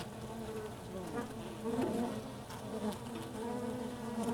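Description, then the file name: Honey bees droning together, an unbroken low hum with small pitch wobbles and brief swells in loudness. Recorded inside a beehive. "Ruche Interieur"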